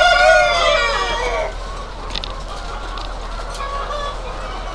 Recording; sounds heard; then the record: poultry house recording; healthy chickens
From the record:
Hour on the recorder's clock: 19